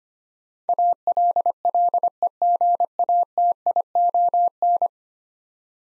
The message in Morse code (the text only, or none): ALLEGATION